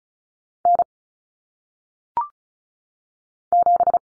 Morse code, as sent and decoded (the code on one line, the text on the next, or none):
-. / --...
N 7